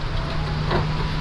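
A headlight washer sprayer cover is handled at the opening of an Audi's front bumper, back end first, as it is pushed toward place. Only a steady broadband noise with a low hum is heard, with no sharp sounds. The cover has not seated or clicked yet.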